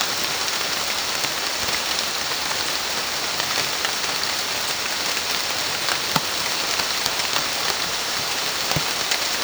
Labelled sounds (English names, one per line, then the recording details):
none
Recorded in secondary vegetation near Puerto Asís, Putumayo, Colombia, on 30 June 2025 at 15:30
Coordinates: 0.499, -76.323
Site G077